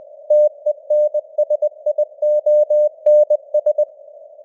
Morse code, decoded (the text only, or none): TENSIONS